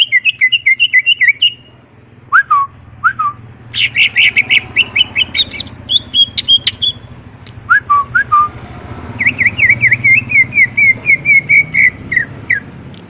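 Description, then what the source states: Leafbird song, a long varied medley of rapid whistled trills, downslurred notes and sharp high clicks, bursts separated by short pauses, with a steady low hum underneath. Masteran training recording for cage birds; energetic, ngentrok song style.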